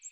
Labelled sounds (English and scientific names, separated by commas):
American Redstart (Setophaga ruticilla) flight call